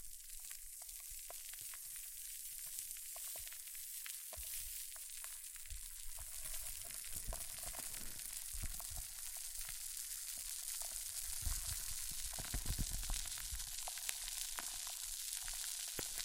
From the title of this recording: Extreme Fizzing Tingles Hair Mousse Sounds